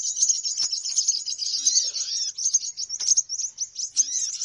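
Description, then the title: Birds chattering in a dense high-pitched chorus of rapid twittering chirps, with a few lower curved whistled notes breaking through. Bird lure recording of noisy bird chatter, played to attract birds, which gather soon after it starts playing. "Baru Diputar Dah Banyak Merapat! Suara Pikat Burung Ribut"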